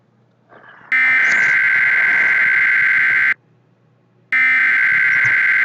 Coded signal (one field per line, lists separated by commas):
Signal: Emergency Alert System (SAME) tones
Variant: header bursts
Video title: EAS alerts for your radio [SEASON 1 EPISOIDE 1 PREMIERE!!]